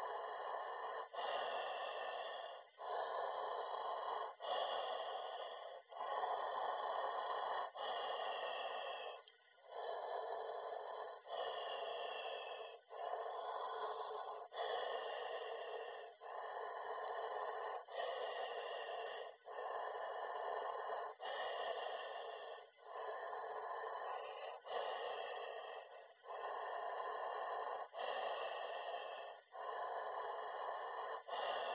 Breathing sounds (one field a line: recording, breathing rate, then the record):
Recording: paced breathing near a phone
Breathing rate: 18 breaths a minute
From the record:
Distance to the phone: 20 cm